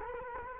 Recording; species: mosquito wingbeat signal from an infrared sensor; Culex quinquefasciatus